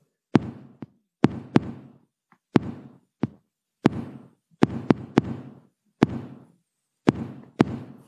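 Sharp tapped knocks fall at constantly changing intervals, about 13 in eight seconds with no repeating pattern, imitating atrial fibrillation. The rhythm is totally irregular and disordered, because the AV node lets only an occasional beat through from the completely chaotic, disordered atrial impulses.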